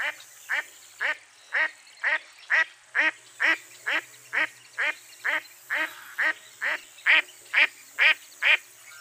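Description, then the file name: Duck producing a long, even sequence of rasping quacks, roughly two per second, many notes without pause. "zvuki glazchatoi kriakvy"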